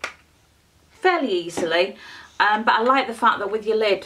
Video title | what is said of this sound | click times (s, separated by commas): HUDA NEW NUDE PALETTE first impressions | you click them together, they come apart fairly | 0.0 s